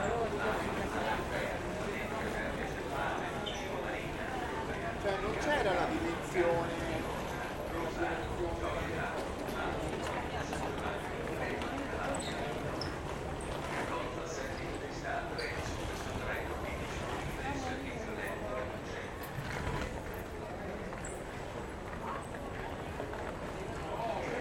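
A crowded main train station hums with dense, overlapping chatter at a steady level, with scattered footsteps, clatter and announcements throughout.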